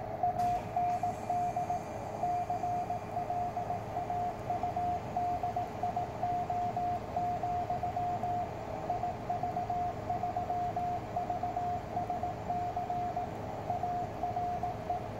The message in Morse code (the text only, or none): AND CLAUDIO, IV3VSC ARE